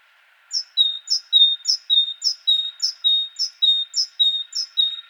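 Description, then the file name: Great tit song: a regular two-note phrase, a high note dropping to a lower one, repeated about nine times in five seconds in a clear rhythm. "Parus major"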